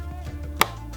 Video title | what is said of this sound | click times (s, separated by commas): What is in the box of the Intraphex BC UN01 and what does it all mean | push and it'll snap into place. | 0.6 s